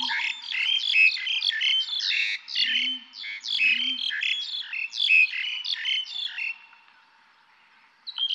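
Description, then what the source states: Birds chirping in a dense, harsh chorus of high, scratchy notes, with a few soft low hoots underneath, then a brief lull before a final chirp. Calm forest atmosphere.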